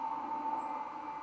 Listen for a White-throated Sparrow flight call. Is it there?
no